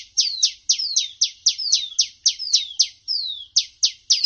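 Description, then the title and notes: Prinia song: quick series of sharp, high notes, some with long downward slurs, repeated roughly four times a second. Compilation of songs used as tutor recordings for training caged songbirds (masteran). "Kompilasi Suara Ciblek Prenjak Cocok Untuk Masteran. Kicau Burung Prenjak Ciblek"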